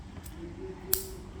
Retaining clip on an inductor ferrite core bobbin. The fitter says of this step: Okay click it until click make sure it will not come up